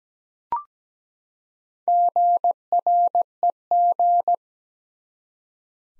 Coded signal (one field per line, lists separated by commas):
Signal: Morse code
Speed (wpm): 17 wpm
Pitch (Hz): 700 Hz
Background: none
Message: GREG